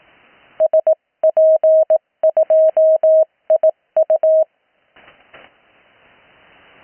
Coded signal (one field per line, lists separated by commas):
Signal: Morse code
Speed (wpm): 18 wpm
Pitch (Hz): 630 Hz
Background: none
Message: SP2IU